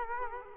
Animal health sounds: mosquito wingbeat signal from an infrared sensor; Culex quinquefasciatus

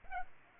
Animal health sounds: mosquito wingbeat signal from an infrared sensor; Culex pipiens

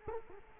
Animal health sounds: mosquito wingbeat signal from an infrared sensor; Culex quinquefasciatus

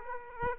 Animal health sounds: mosquito wingbeat signal from an infrared sensor; Aedes aegypti

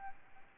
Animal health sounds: mosquito wingbeat signal from an infrared sensor; Aedes albopictus

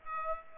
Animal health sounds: mosquito wingbeat signal from an infrared sensor; Aedes aegypti

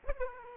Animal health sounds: mosquito wingbeat signal from an infrared sensor; Aedes aegypti

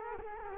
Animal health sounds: mosquito wingbeat signal from an infrared sensor; Culex quinquefasciatus

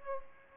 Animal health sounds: mosquito wingbeat signal from an infrared sensor; Aedes albopictus

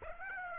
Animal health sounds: mosquito wingbeat signal from an infrared sensor; Aedes aegypti

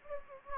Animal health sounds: mosquito wingbeat signal from an infrared sensor; Anopheles gambiae

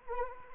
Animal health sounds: mosquito wingbeat signal from an infrared sensor; Anopheles arabiensis

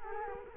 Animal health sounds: mosquito wingbeat signal from an infrared sensor; Culex quinquefasciatus

